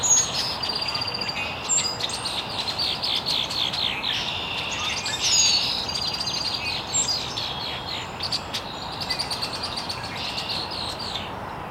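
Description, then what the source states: Bird: dense twittering of many birds, high chattering notes almost continuous throughout, with steady hiss underneath. Birds chirping very early in the morning in an estuary.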